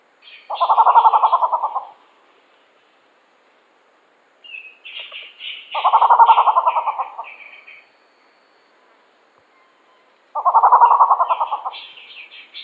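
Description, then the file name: Grey peacock-pheasant calls: three loud, low rattling bursts about one and a half seconds long, roughly every five seconds, with higher, softer chattering notes in between. "Golosa ptic - Seryj pavlinij fazan Polyplectron bicalcaratum"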